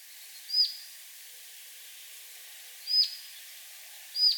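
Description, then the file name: Collared flycatcher calls: three thin, high, whistled notes, each brief, irregularly spaced over a faint steady hiss. "collared flycatcher ficedula albicollis"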